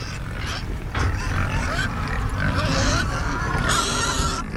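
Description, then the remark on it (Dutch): Seven pigs lying and sunbathing in a one-hectare outdoor enclosure grunt and snuffle in a low, continuous rumble, with short throaty oinks breaking through a steady wash of background noise. “Dit is wel mooi in de varkens, hè? Ze hoeven niks te doen, lekker liggen en een beetje zonnebaden.”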